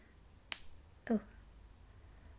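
The hinged bar of a black metal septum clicker ring, which kept slipping from its catch, finally snaps shut into its clasp with a single sharp, bright click at 0.5 s. Someone talks briefly afterward over quiet background noise, and the clicker is closed.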